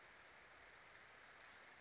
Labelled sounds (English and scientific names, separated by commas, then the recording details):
Western Flycatcher (Empidonax difficilis)
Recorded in Sonoma County, California